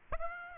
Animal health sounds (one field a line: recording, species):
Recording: mosquito wingbeat signal from an infrared sensor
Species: Aedes aegypti